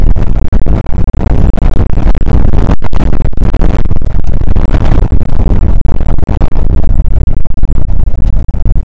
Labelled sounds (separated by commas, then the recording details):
wind
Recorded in the Prudhoe Bay oil fields, Alaska, on 2 August 2019 at 01:31
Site 29